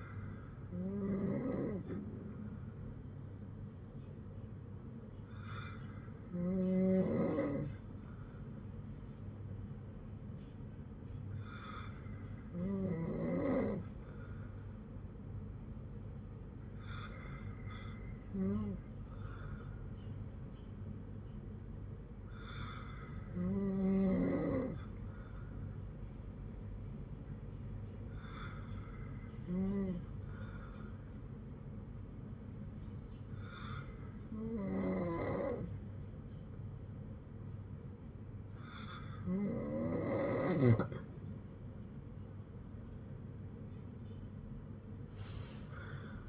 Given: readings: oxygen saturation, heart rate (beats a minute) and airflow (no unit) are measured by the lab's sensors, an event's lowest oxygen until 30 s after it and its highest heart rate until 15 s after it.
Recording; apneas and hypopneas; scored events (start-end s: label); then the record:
breathing in sleep by a smartphone at the bedside; none
none scored
From the record:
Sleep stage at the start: N2 (light sleep); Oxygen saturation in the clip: 95 to 97%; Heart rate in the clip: 53 to 59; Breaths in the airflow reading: 9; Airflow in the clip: -5.9 to 5.0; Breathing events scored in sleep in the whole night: 182 in 7.4 hours asleep